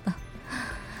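A brief low gurgle opens the second, then fades into a soft, uneven rumble under quiet room noise. These are bowel sounds from an adult's stomach growling with hunger after usually skipping breakfast, an ordinary, harmless sound.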